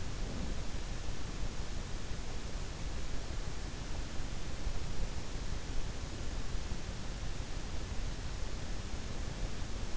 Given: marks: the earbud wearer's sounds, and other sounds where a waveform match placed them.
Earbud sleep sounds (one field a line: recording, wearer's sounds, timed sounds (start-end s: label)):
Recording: sounds in sleep by an in-ear microphone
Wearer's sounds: breath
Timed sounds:
0.00-0.71 s: breath